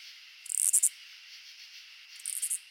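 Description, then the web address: Oblong-winged katydid song, a quick series of dry high-pitched ticks building into a short rasp, repeated once more softly, over a continuous background hum. "Crickets and Katydids. Oblongwinged Katydid, Amblycorypha oblongifolia"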